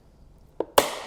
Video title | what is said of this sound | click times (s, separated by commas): 3 New DeWalt Tool Storage Kits! ToughSystem Storage Review | push until you hear it lock in place that way that metal piece stays locked on the bin | 0.8 s